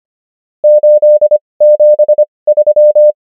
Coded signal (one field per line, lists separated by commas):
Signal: Morse code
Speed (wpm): 25 wpm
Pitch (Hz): 600 Hz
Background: none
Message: 873